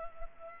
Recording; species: mosquito wingbeat signal from an infrared sensor; Culex pipiens